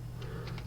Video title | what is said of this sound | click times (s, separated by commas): Transformers. Combiner Wars (Devastator), Prt 2/6), Bonecrusher Review. | then click into place | 0.6 s